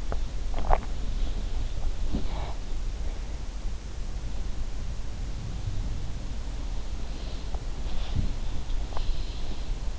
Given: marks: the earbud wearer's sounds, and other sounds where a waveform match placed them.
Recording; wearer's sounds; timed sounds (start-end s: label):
sounds in sleep by an in-ear microphone; swallowing, breath
0.00-1.16 s: swallowing
2.08-2.79 s: breath
7.94-9.99 s: sound from someone else or the room